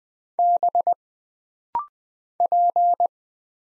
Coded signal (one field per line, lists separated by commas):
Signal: Morse code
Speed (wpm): 20 wpm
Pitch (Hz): 700 Hz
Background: none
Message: B P